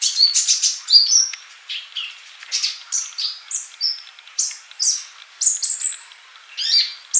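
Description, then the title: Bird song of bright chirps and brief whistled slurs, delivered in quick groups of two or three with short gaps. "Kicau Burung"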